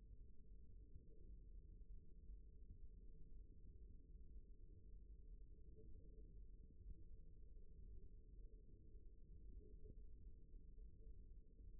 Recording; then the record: forearm muscle sounds (acoustic myography)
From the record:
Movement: rest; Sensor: system 1, eight BSWA MPA416 microphones around the upper forearm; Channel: 2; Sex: male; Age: 23 years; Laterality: right